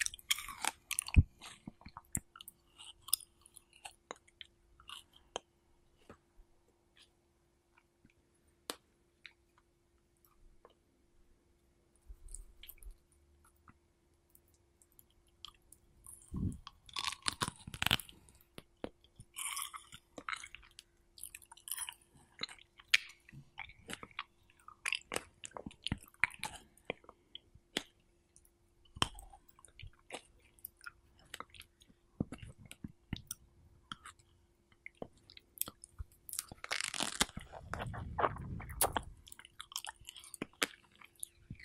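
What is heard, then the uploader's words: Someone eats strawberries, with wet, crunchy bites and squelching chews coming in irregular bursts throughout. A faint steady hum runs underneath for most of the clip, and a louder, fuller rustling surge occurs around 37 to 39 seconds. ASMR Strawberry Eating Sounds.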